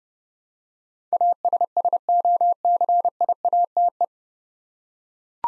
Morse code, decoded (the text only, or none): ASSOCIATE